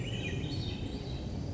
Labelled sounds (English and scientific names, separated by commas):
Swainson's Thrush (Catharus ustulatus)